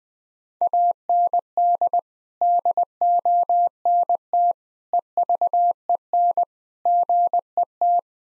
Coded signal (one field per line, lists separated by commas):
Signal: Morse code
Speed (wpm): 20 wpm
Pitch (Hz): 700 Hz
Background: none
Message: AND DONT EVEN GET